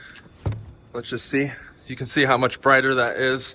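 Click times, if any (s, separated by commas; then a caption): 0.5 s. In the frunk of a Rivian electric pickup, with the old interior light removed, a new plastic LED light module is pressed into its opening in the trim and seats with a sharp double click at 0.5 s and 0.5 s. Someone talks before and after the click.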